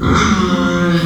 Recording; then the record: squeal of a Yucatan mini pig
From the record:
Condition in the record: after surgery on the right vocal fold (resection and tissue-engineered implant); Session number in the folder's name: 14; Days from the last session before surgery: 133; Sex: female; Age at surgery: 19 weeks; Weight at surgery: 25 kg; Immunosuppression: prednisolone